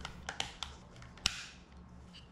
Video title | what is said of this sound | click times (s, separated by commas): Missing Dashcam Files & Date Problem? FIXED! [RTC Battery Repair] | Press the back cover of the camera until you hear clicks | 0.4 s, 0.6 s, 1.3 s